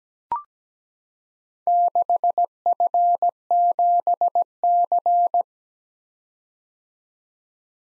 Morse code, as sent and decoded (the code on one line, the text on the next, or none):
-.... ..-. --... -.-.
6F7C